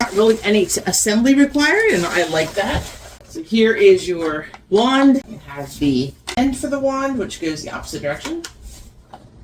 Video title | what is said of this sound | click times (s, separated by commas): Powerful Portable Steam Cleaner – 23 Accessories - Chemical-Free Cleaning - Multi-Surface Steamer | Goes in there like that. Slides into the white piece there. Snaps right in. | 9.1 s